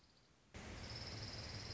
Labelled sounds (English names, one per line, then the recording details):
Orange-crowned Warbler
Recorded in Sonoma County, California